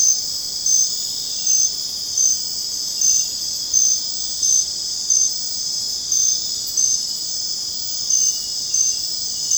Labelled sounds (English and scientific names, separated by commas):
none